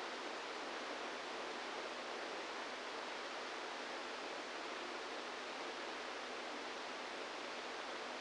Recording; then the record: brain microelectrode recording played as sound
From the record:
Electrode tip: inside the subthalamic nucleus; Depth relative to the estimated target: -2 mm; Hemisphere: right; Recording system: NeuroSet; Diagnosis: Parkinson's disease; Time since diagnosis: 27 years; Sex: male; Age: 62 years